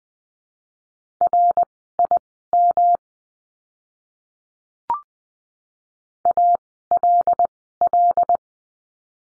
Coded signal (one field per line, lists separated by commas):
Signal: Morse code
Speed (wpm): 20 wpm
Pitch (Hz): 700 Hz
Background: none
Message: RIM ALL